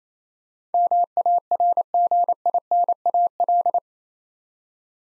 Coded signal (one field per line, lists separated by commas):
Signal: Morse code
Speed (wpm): 28 wpm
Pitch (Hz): 700 Hz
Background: none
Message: MARGINAL